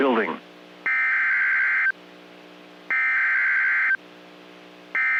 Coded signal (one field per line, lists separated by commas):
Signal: Emergency Alert System (SAME) tones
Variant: header bursts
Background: speech